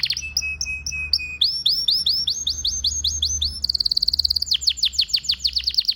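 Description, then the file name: Canary song: rapid rolling trills of repeated notes, shifting between phrases of falling sweeps and fast high tours, bright and continuous. "طائر الكناري (اشهر طيور بصوت عذب)"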